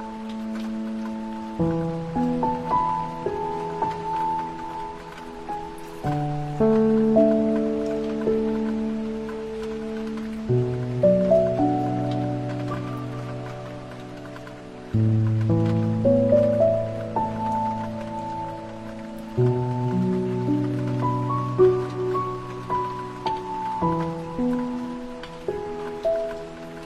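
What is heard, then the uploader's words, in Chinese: Gentle piano plays slow sustained chords that change every few seconds, over a steady soft hiss of flowing water throughout. 令人放松的钢琴曲。流水声伴着优美的钢琴曲。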